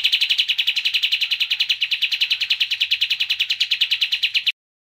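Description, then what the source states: Kapas tembak delivering a fast, steady trill of bright repeated notes for over four seconds, then stopping abruptly. Masteran, a training recording for teaching a singing bird.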